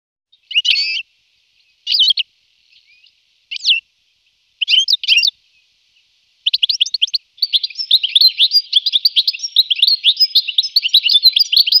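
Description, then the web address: European goldfinch song, short bursts of bright tinkling twitters separated by pauses, then a long continuous run of rapid liquid trills and buzzy notes. "Fotoemozioni. Cardellino-Carduelis carduelis"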